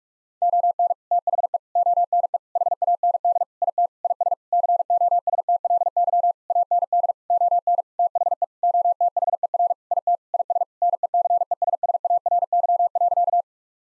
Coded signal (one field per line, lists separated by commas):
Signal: Morse code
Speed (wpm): 46 wpm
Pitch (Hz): 700 Hz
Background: none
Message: ON THE ONE HAND IT IS COSTLY AND ON THE OTHER IT IS NECESSARY.